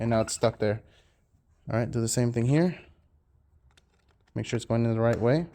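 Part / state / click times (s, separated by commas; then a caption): USB input plug into radio holder / not seated / none. A USB input plug is lined up to be pushed down into its holder on the harness of a Tesla-style CarPlay radio for a Jeep Grand Cherokee. Someone talks, and a few faint, short ticks of handling come between the speech. Nothing has seated or clicked yet.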